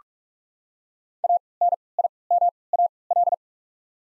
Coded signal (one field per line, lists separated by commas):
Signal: Morse code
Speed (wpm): 44 wpm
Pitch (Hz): 700 Hz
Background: none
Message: A N I M A L